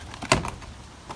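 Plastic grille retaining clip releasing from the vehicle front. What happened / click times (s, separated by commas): A plastic retaining clip pops loose / 0.3 s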